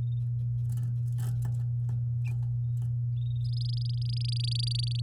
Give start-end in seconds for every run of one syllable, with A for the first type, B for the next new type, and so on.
3.44-5.00 A